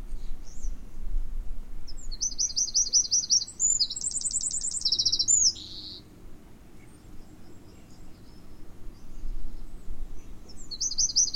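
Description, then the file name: Eurasian wren song, a vigorous high trilling phrase of about three seconds, then a pause before another phrase begins at the end. "Troglodytes troglodytes"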